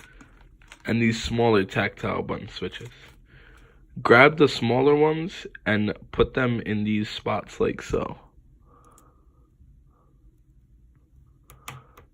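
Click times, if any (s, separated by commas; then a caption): 11.5 s, 11.7 s. Small tactile push-button switches are pressed into their holes on a circuit board while someone talks. After the talking stops, sharp snaps at 11.5 and 11.7 seconds mark a button popping into place. The switch is seated in the board.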